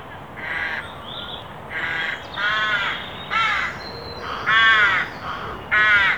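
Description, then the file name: Carrion crow calling with loud hoarse caws, about one every second. "Corvus corone"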